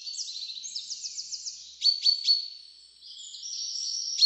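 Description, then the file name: Common chaffinch song, high bright trilled phrases of quick repeated notes, brief pauses, then a further run of sharp chirps; no other sounds. "Fringilla coelebs"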